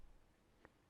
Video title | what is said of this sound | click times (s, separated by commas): SimpleArm - Assembly Instructions | then stretch the bottom part underneath the servo until it clicks into place and you get the full motion. | 0.7 s